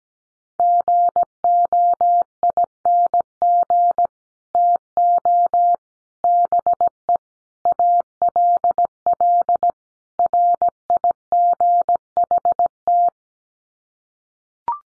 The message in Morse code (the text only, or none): GOING TO BE ALL RIGHT